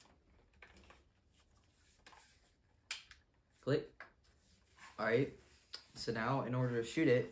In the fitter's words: and just slide it in until you hear a click. Click.